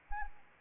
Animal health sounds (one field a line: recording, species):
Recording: mosquito wingbeat signal from an infrared sensor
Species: Anopheles arabiensis